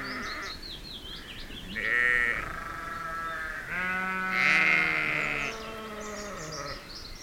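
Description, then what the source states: Sheep bleating: a bleat, then a longer, louder one, with fainter bleats before and after. Sheep outdoors at feeding time.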